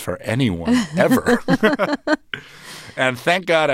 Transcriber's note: soundbite of laughter